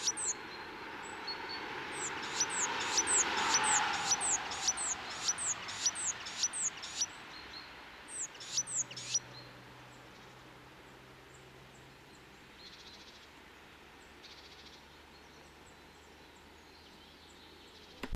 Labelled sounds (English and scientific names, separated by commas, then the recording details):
Great Tit (Parus major) song
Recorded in the wild
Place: Michelstadt, OT Vielbrunn, Hessen, DE
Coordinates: 49.7139, 9.09778
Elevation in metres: 432
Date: 1976-03-30
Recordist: Tretzel, Erwin